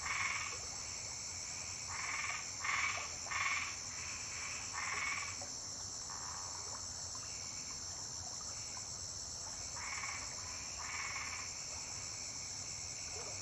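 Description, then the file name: Toads croaking in short raspy bursts, several in quick succession near the start, then scattered pairs later, over a steady high insect chorus. Toads singing at the edge of a gently flowing river. "Sapos cantando na beira do rio correntenza delicada"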